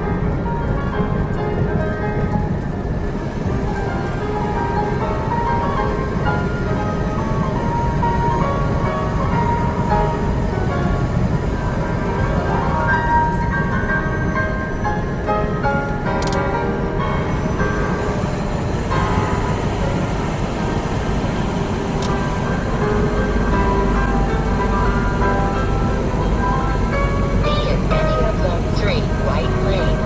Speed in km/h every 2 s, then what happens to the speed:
109, 108, 108, 108, 108, 108, 108, 105, 105, 103, 100, 98, 97, 95, 95.
0-13 steady at about 108. 13-30 slows to 95.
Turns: none.